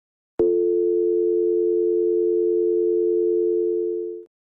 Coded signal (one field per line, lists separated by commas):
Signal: telephone call progress tone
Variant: North America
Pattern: dial tone